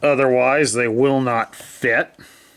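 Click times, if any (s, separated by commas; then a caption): none. A plastic action figure's hand, closed into a full fist, is being handled during transformation before it is pushed into its slot on the forearm. Someone talks throughout, with a brief hiss and faint handling noise afterward. Nothing has seated or clicked yet; the clip ends just before the fist pops into place.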